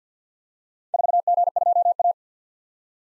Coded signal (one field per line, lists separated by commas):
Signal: Morse code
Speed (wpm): 47 wpm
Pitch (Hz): 700 Hz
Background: none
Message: 4G2A